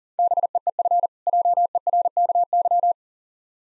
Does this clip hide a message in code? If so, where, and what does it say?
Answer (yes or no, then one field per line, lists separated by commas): yes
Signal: Morse code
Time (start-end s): 0.2-2.9 s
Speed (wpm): 40 wpm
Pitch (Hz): 700 Hz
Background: none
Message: BEEF JERKY